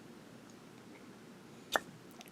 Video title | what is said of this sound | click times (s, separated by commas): Monteverde Ritma Fountain Pen Review | hear that pop | 1.8 s